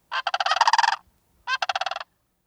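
Sandhill crane calling twice, each a rolling, purring rattle of rapid pulses lasting under a second, separated by a short silence.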